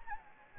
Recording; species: mosquito wingbeat signal from an infrared sensor; Anopheles gambiae